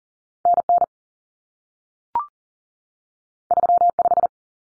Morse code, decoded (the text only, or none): NN 35